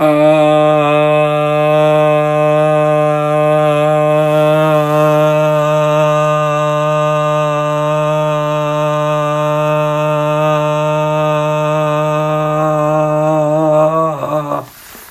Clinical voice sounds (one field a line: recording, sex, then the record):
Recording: sustained vowel /a/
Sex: male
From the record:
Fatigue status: no fatigue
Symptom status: asymptomatic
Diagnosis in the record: COVID-19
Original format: m4a